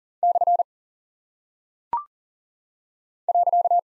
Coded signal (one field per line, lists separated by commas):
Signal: Morse code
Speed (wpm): 39 wpm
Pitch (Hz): 700 Hz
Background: none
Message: / .